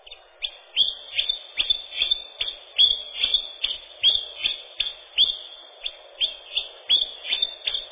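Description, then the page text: Common chiffchaff song: sharp high notes repeated in a quick series; faint hiss underneath. Song, described as a ringing, measured, monotonously repeated 'ten-tin-tyan-tyun'. "Пеночка-теньковка, или пеночка-кузнечик (устар.) — Phylloscopus collybita"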